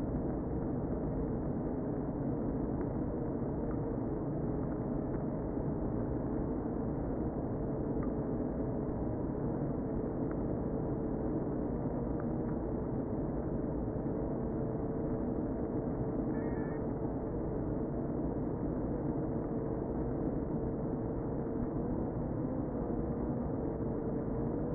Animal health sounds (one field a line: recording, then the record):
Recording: honeybee colony, microphone inside the hive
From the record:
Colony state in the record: queen present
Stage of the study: before two queens were removed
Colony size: about 60,000 bees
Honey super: yes